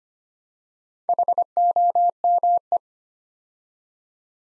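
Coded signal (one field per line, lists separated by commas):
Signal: Morse code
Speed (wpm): 25 wpm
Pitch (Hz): 700 Hz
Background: none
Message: HOME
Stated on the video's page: Morse practice drill at 25 wpm, building 4-letter words two letters at a time for instant character recognition.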